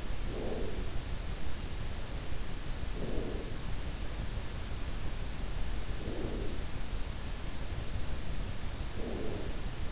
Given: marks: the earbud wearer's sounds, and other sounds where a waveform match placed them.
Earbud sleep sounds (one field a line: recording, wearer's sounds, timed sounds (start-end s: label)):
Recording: sounds in sleep by an in-ear microphone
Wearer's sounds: breath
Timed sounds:
0.00-1.20 s: breath
2.50-4.06 s: breath
5.70-6.78 s: breath
8.70-9.85 s: breath